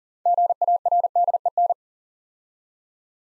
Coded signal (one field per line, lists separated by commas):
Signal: Morse code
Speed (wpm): 41 wpm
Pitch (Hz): 700 Hz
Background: none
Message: GARDEN